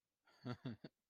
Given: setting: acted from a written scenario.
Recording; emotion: vocal sound without words; amusement